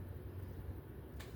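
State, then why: Seated. During cleaning of a Tempest Knives MicroJet Silverjet pocket knife, a knife part is pressed into the knife body over a steady low rumbling background. A faint, short snap at 1.2 s marks the part seating all the way down with no gaps left.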